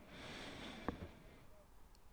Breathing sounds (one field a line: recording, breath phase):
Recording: one breath near a microphone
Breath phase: inhalation